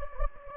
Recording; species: mosquito wingbeat signal from an infrared sensor; Anopheles gambiae